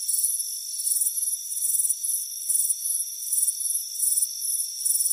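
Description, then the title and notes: Crickets chirping in quick high trilled bursts, often in loose pairs, repeating steadily over a constant shrill insect background. "Soothing Crickets Chirping Sound. It's a warm afternoon as you relax in a hammock on the front porch. Relax and fall asleep to the soothing sound of chirping crickets"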